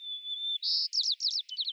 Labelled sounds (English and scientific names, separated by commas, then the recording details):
White-crowned Sparrow (Zonotrichia leucophrys) song
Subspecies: nuttalli
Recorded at Salinas River, California, in 2014
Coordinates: 36.774, -121.793
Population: admixed
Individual SALI_maleC